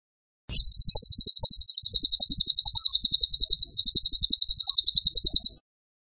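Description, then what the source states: Bird song: a high, rapid trill of sharp repeated pulses, sustained for around five seconds. Masteran (training) song of a bird in tembakan style, described as gacor.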